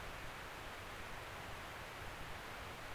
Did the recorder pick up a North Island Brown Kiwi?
no